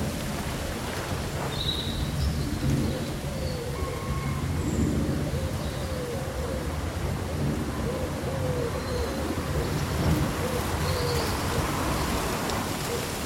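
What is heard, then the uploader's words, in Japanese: A summer breeze stirs rustling leaves in a steady, dense wash of sound that stays even throughout. Low rumbling motion runs underneath, while a few short bird chirps and thin calls appear now and then, around two, four to five, and nine to eleven seconds. そよ風の吹く夏の日、ざわめく葉と鳥のさえずり。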